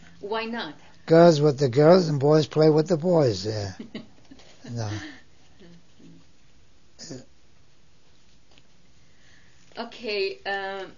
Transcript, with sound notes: Why not?
Girls were with the girls, and boys play with the boys, yeah. (she laughs) No.
Okay.